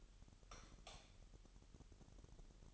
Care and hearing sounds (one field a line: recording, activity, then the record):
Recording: daily activity, microphone in the room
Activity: light off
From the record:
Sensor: 4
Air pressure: 989.2 hPa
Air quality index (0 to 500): 214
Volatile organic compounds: 64 ppm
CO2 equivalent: 3457 ppm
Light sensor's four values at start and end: 28/93/35/36 and 25/81/31/31